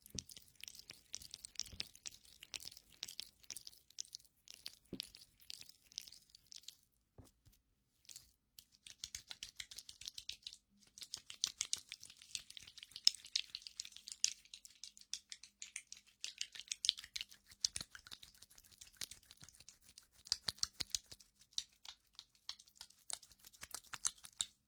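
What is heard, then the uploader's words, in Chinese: Wet, sticky aloe gel being worked over skin in a massage, with no voice. Close, dense crackling and squelching ticks, bright and fast, run almost continuously, easing into a sparser, quieter stretch around seven to ten seconds before returning full. 湿湿、黏黏的~ 芦荟胶(无人声)全身按摩。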